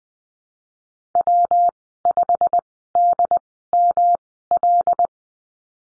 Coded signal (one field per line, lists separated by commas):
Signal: Morse code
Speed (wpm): 20 wpm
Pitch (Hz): 700 Hz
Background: none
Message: W5DML